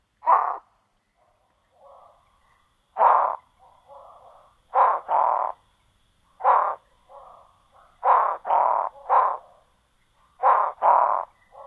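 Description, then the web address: Barking frog giving short, harsh, bark-like calls, single or in quick pairs and triplets, separated by softer notes, with quiet gaps between bouts. "Songs of Frogs Toads of North America. Barking Frog"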